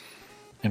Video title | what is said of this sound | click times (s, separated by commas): Do the Shoot-Bangs With the Tiny Men! - Legacy Quake | and it will snap into place. | 0.7 s